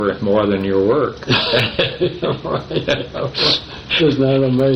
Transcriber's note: laughter